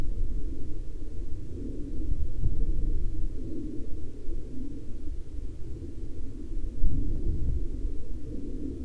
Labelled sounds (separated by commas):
aircraft